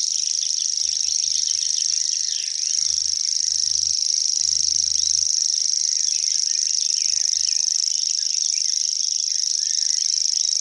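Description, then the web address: Common grasshopper warbler giving a continuous high mechanical reel, steady and unbroken, like a fishing reel spinning; soft low rumbles in the background. "fuglelyder gresshoppesanger"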